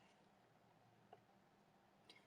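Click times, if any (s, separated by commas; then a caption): none. A metal cutting die is lined up and pressed onto its die-cutting holder for die cutting, giving only two faint ticks at about 1.1 s and 2.1 s over a low steady background. Nothing has seated or clicked; the die does not lock in on this side.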